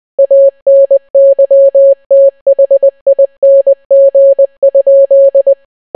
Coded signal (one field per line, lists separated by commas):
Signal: Morse code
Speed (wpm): 20 wpm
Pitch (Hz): 550 Hz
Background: none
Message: ANYTHING?